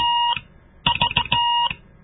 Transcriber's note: morse code